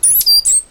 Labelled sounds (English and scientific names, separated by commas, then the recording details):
Stitchbird (Notiomystis cincta) song
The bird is a male
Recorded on Tiritiri Matangi Island, New Zealand, in 2005
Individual 8, of nest box 10